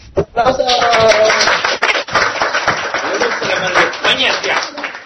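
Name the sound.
audience applause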